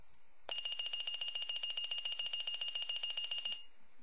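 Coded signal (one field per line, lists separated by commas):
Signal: pager alert tone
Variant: Motorola Minitor alert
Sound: a shrill high beeping trill, fast repeated chirps for about three seconds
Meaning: Signals that the pager has received a page on its tones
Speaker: If you were to get alerted for example on 288 and 800 this is what it would sound like.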